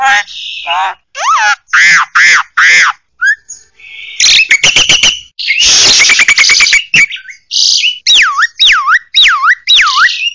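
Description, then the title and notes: Birdsong with varied high whistled notes, buzzy rattling bursts and a run of looping up-and-down whistles repeated about twice a second near the end. Birdsong from Indonesia. "Kumpulan Kicau Burung Indonesia"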